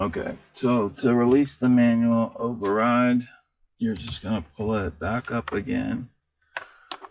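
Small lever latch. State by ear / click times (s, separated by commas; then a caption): seated / 6.6 s, 6.9 s. Someone talks, then pulls the manual park release lever in the transmission override mechanism back up until it clicks into its latched position. Sharp clicks are heard at 6.6 s and 6.9 s as the lever seats in place.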